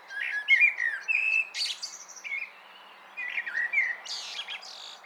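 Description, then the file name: Common blackbird singing two phrases, each a low fluty warble that breaks into thin, high chattering notes, over a light background hiss. "Turdus merula"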